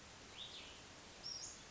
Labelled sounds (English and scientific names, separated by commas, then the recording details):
Cassin's Vireo (Vireo cassinii)
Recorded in Sonoma County, California